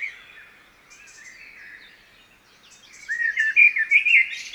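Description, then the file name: Common blackbird softly warbling at first, then breaking into a louder fluttering phrase with squeaky high notes near the end. "Turdus merula"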